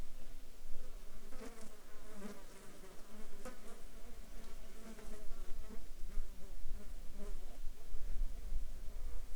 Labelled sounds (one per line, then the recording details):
insects
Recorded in the Arctic National Wildlife Refuge, Alaska, on 16 July 2019 at 15:00
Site 35